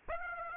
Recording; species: mosquito wingbeat signal from an infrared sensor; Aedes aegypti